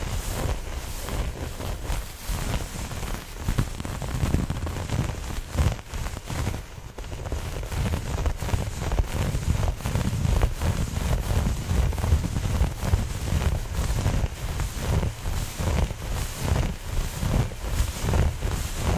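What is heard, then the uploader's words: A towel is scratched and rubbed continuously, giving a dense, rough rustle with heavy low rumble and hiss reaching up high. Quick strokes come in rapid, fairly regular bursts throughout, with a brief lighter dip around seven seconds before the rubbing resumes. ASMR Towel Scratching.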